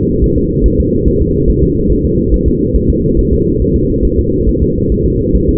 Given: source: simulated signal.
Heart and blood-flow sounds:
fetal heart sounds
0.24 s: S1
0.38 s: S2
0.66 s: S1
0.80 s: S2
1.08 s: S1
1.21 s: S2
1.50 s: S1
1.63 s: S2
1.92 s: S1
2.05 s: S2
2.34 s: S1
2.48 s: S2
2.76 s: S1
2.90 s: S2
3.19 s: S1
3.33 s: S2
3.62 s: S1
3.76 s: S2
4.05 s: S1
4.19 s: S2
4.49 s: S1
4.62 s: S2
4.92 s: S1
5.06 s: S2
5.36 s: S1
5.49 s: S2
From the record:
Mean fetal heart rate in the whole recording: 140 bpm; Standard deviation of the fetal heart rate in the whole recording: 2 bpm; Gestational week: 34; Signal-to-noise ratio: -14.7 dB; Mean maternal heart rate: 72 bpm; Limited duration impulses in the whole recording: present

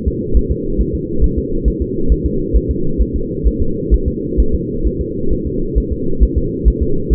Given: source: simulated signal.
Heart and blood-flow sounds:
fetal heart sounds
0.08 s: S2
0.37 s: S1
0.51 s: S2
0.81 s: S1
0.95 s: S2
1.24 s: S1
1.38 s: S2
1.68 s: S1
1.82 s: S2
2.12 s: S1
2.26 s: S2
2.56 s: S1
2.71 s: S2
3.02 s: S1
3.16 s: S2
3.47 s: S1
3.62 s: S2
3.94 s: S1
4.08 s: S2
4.40 s: S1
4.54 s: S2
4.87 s: S1
5.01 s: S2
5.33 s: S1
5.47 s: S2
5.78 s: S1
5.93 s: S2
6.23 s: S1
6.38 s: S2
6.68 s: S1
6.82 s: S2
7.13 s: S1
From the record:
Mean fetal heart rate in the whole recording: 135 bpm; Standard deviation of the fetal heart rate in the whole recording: 3 bpm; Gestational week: 34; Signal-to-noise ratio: -8.1 dB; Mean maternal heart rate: 72 bpm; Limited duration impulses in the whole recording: absent

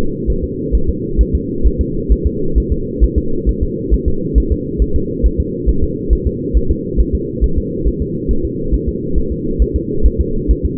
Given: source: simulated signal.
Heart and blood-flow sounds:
fetal heart sounds
0.30 s: S1
0.44 s: S2
0.75 s: S1
0.89 s: S2
1.21 s: S1
1.35 s: S2
1.67 s: S1
1.81 s: S2
2.12 s: S1
2.27 s: S2
2.58 s: S1
2.72 s: S2
3.04 s: S1
3.18 s: S2
3.49 s: S1
3.63 s: S2
3.94 s: S1
4.08 s: S2
4.38 s: S1
4.52 s: S2
4.82 s: S1
4.96 s: S2
5.26 s: S1
5.40 s: S2
5.69 s: S1
5.84 s: S2
6.13 s: S1
6.27 s: S2
6.57 s: S1
6.71 s: S2
7.00 s: S1
7.15 s: S2
7.44 s: S1
7.58 s: S2
7.88 s: S1
8.02 s: S2
8.31 s: S1
8.45 s: S2
8.74 s: S1
8.88 s: S2
9.18 s: S1
9.32 s: S2
9.62 s: S1
9.76 s: S2
10.06 s: S1
10.20 s: S2
10.51 s: S1
10.65 s: S2
From the record:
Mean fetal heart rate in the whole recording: 135 bpm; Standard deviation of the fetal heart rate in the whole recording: 3 bpm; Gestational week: 34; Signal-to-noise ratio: -8.1 dB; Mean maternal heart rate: 72 bpm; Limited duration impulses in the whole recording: absent

